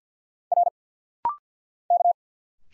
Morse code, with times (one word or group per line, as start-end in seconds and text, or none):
0.5-0.7 R
1.9-2.1 K